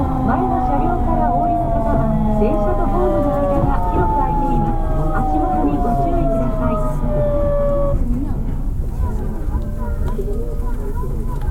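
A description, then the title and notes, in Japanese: A train runs, with a steady heavy rumble underneath. A motor whine with several stacked tones slowly falls in pitch for the first eight seconds, as if slowing, then cuts off, leaving the low rolling noise and faint clatter. 北大阪急行 8000系 動物園前から新大阪まで。北大阪急行電鉄の8000系電車の走行音です。大阪市営地下鉄御堂筋線内で収録しました。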